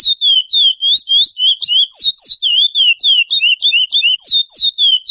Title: CURIÓ CANTO PRAIA CLÁ SSICO PARA TREINAMENTO DE FILHOTES